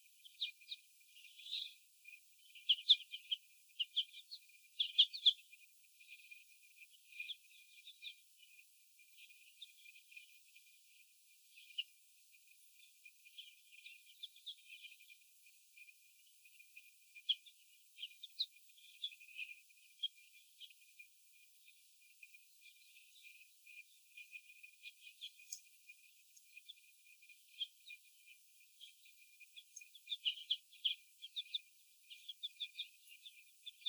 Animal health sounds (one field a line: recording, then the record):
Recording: young laying hens in a cage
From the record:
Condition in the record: after the stressor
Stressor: sudden umbrella opening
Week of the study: 2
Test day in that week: 1